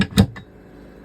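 After the RV cabinet is re-leveled and reassembled, its door is closed to test the latch, and a sharp click is heard at 0.2 s followed by a softer tick and quiet room tone. The latch catches easily in its catch, an improvement over before, when it would not latch.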